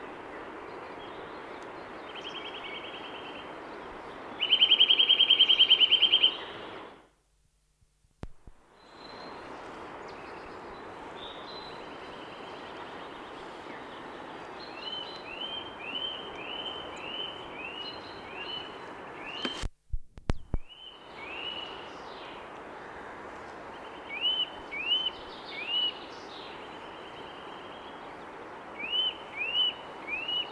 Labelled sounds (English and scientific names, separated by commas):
Eurasian Nuthatch (Sitta europaea) song